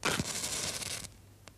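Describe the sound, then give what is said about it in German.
A match is struck with a sharp, scratchy rasp that flares into about a second of steady hissing before cutting off abruptly, followed by a faint click. No one speaks. “Das Streichholz? Das Streichholz.”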